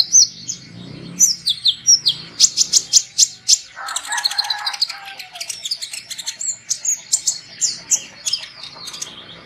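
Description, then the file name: Sunbird giving rapid high twittering chirps and trilled bursts, a brief lower warbling passage midway, then steady runs of sharp high notes. Lure sound for attracting birds. "suara burung kolibri pikat"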